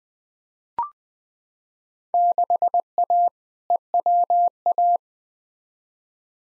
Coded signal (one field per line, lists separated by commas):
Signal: Morse code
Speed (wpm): 20 wpm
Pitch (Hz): 700 Hz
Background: none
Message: 6A EWA